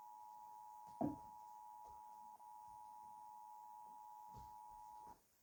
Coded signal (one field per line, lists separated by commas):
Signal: Emergency Alert System (SAME) tones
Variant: 853 and 960 Hz attention tone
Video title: talking eas alarm part 1